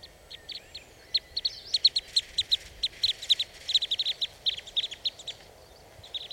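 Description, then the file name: Red crossbill flight calls: short, sharp high chips in quick uneven bursts, often paired or tripled, repeated throughout. Type E red crossbill; flight calls. "Red Crossbill Type E - FCs"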